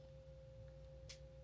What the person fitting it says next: Okay yan nag-click na